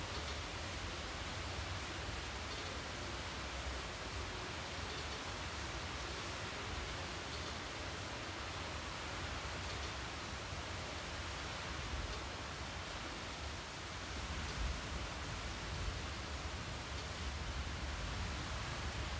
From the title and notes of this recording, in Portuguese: Esse episódio é uma coleção de sons de chuva gravados por mim com o objetivo de propiciar um ambiente relaxante. Sons da chuva.